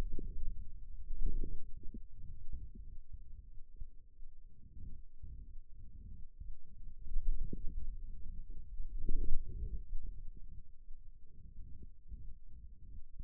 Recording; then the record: forearm muscle sounds (acoustic myography)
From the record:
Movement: wrist flexion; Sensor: system 2, bracelet of six BSWA MPA416 microphones around the upper forearm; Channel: 1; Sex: male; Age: 22 years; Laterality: right